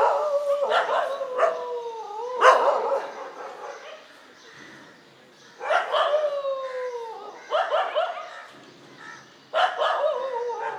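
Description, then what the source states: Dogs howling with long falling whines mixed with bursts of barking, pauses between outbursts. Several dogs, morning street ambience on Mission Street, MG Road Area, Puducherry, India.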